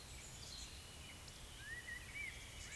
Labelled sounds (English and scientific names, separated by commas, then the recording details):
Eurasian Woodcock (Scolopax rusticola) whistle
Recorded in Baden-Württemberg, Germany, on 10 May 2021 at 19:11 UTC
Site 24606, 635 m above sea level